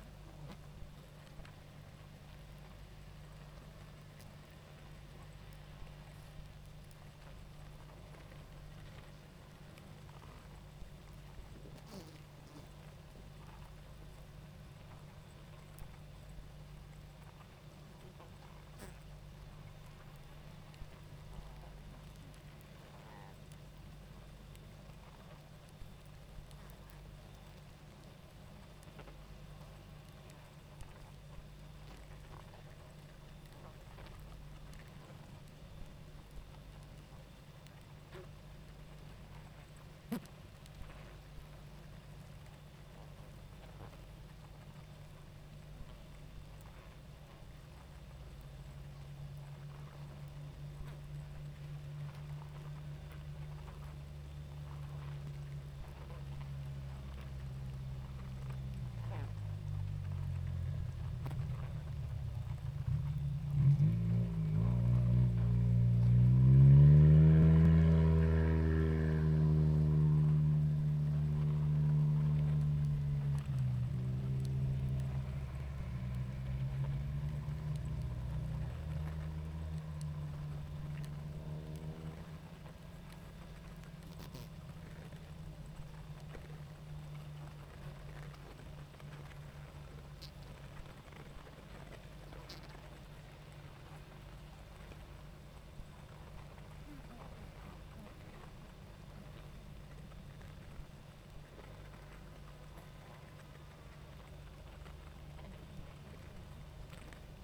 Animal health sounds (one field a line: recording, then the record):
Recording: honeybee colony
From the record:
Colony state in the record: active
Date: 28 July 2017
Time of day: 19:35